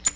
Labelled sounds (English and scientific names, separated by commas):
Tennessee Warbler (Leiothlypis peregrina) flight call